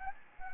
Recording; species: mosquito wingbeat signal from an infrared sensor; Anopheles gambiae